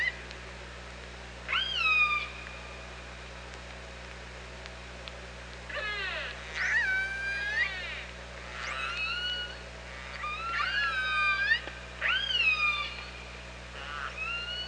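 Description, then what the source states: Orca calls, repeated high whistled upswept and falling tones with harmonics, rising and fading in bursts, over a steady low hum. Recorded at OrcaLab on 24 August 2017 at 07:50.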